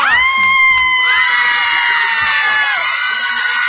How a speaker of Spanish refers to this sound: ¡Grito de la piba!